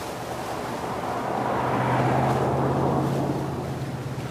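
A steady, low engine drone of a car driving a winding road along the sea runs throughout, beneath a broad hissing wash of ocean surf that swells louder midway and then eases slightly; no one speaks.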